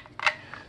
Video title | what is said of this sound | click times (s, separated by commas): Camillus® 2022 Adventure Pack Gift Set - Crazy Value - Knife Review | not really any kind of seal but the attachment is very very secure you hear that click so | 0.3 s